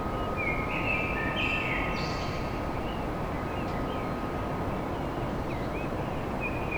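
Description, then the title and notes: Common blackbird song: fluted warbling phrases and high twittered notes early on, fainter notes later, over constant low noise and a steady electrical hum. Recorded at dawn in Paris. "Blackbird Poetry At Paris On. Enregistrement d'un chant de merle à l'aube dans Paris"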